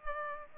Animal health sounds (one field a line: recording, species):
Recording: mosquito wingbeat signal from an infrared sensor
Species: Culex pipiens